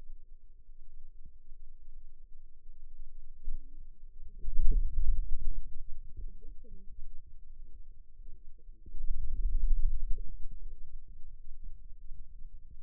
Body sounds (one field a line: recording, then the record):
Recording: forearm muscle sounds (acoustic myography)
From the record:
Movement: radial deviation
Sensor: system 2, bracelet of six BSWA MPA416 microphones around the upper forearm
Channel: 1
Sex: female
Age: 21 years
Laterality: right